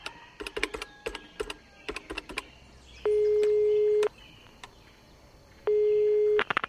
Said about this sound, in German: Das Telefon ist da drüben. Ich wählte meine Nummer.